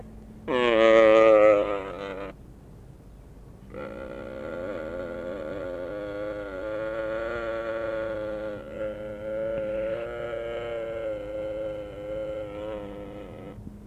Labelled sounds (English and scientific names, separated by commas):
Mule Deer (Odocoileus hemionus) call